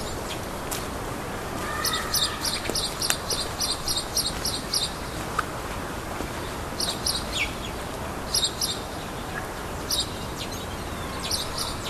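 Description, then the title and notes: Great tit song: bright, high paired notes repeated in quick series, with phrases pausing and resuming, over a low steady background hum. Spring call of the great tit, recorded together with a bumblebee. "Hummel Und Kohlmeise. Audioaufnahme einer Hummel +dem "Frühlingsruf der Kohlmeise""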